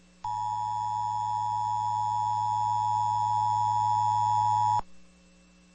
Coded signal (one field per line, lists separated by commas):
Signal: Emergency Alert System (SAME) tones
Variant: 853 and 960 Hz attention tone